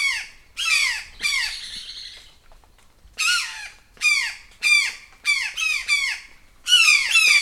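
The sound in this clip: Brown jay alarm calls: loud, harsh, downward-sweeping screams given singly and in quick pairs, separated by short pauses.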